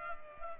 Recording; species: mosquito wingbeat signal from an infrared sensor; Culex pipiens